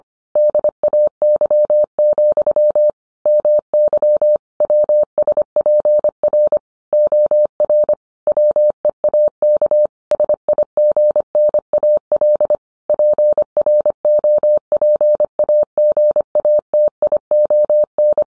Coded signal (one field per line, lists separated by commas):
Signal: Morse code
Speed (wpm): 25 wpm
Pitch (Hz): 600 Hz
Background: none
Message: DAY, MY WSPR OR WEAK SIGNAL PROPAGATION